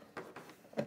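A plastic spool holder is pushed into the back panel of an Ultimaker 3 3D printer until it snaps in, with a sharp snap at 0.2 s. Two smaller knocks follow at about 0.4 s and 0.8 s. The spool holder is confirmed seated in the back panel.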